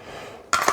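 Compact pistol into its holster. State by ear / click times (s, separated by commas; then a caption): seated / 0.5 s. A Glock 30 Gen 5 compact pistol is pushed into a polymer carry holster made for a Glock 29, which it can share because the two are about the same size. After a quiet lead-in, the holster's retention engages with a sharp snap at 0.5 s, followed by a smaller tick at 0.7 s. The pistol is seated and fits with no problem.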